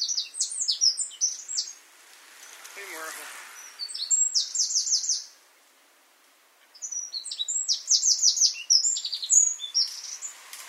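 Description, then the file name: Eurasian wren singing three loud bursts of high, fast trills and sharp notes, with a lower descending chirp between the first two bursts. "Troglodytes troglodytes"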